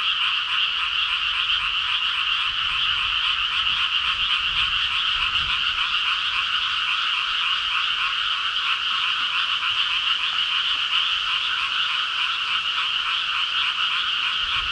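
Frogs calling in a dense, continuous chorus of overlapping pulsed croaks, a steady rasping wall of sound throughout.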